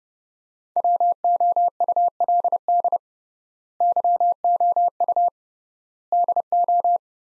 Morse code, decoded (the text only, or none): WOULD YOU DO